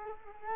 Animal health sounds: mosquito wingbeat signal from an infrared sensor; Culex quinquefasciatus

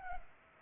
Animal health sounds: mosquito wingbeat signal from an infrared sensor; Culex pipiens

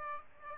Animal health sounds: mosquito wingbeat signal from an infrared sensor; Aedes aegypti

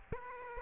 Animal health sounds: mosquito wingbeat signal from an infrared sensor; Aedes aegypti

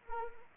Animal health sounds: mosquito wingbeat signal from an infrared sensor; Anopheles arabiensis

